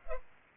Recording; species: mosquito wingbeat signal from an infrared sensor; Culex pipiens